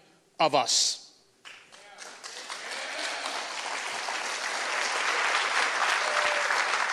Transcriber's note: audience applause